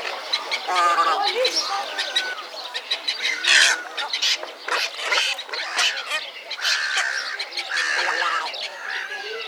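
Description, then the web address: Little egret calls, a busy clamour of harsh gargling croaks and squawks. "EGRETTA GARZETTA. little egret"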